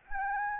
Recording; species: mosquito wingbeat signal from an infrared sensor; Anopheles gambiae